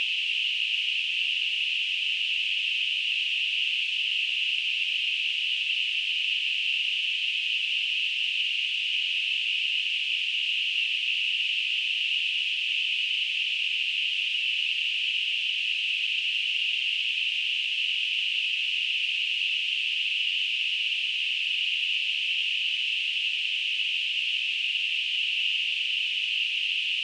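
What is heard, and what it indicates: A steady, unchanging hiss or ringing noise centred in the upper-middle pitch range, around 3 kHz, with no low tones, lasting the whole clip without pauses. It is a simulation of tinnitus, the constant phantom ringing or hissing some people hear in their ears.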